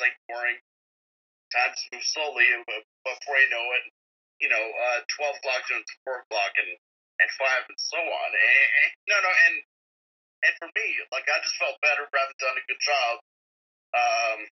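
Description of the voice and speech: An adult man speaks slowly with frequent pauses, a drawn-out vowel, a quickly repeated syllable and a prolonged filler before resuming. These are mild stuttering disfluencies, a speech-flow disorder with repeats, stretched sounds and hesitations.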